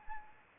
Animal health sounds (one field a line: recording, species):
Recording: mosquito wingbeat signal from an infrared sensor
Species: Anopheles arabiensis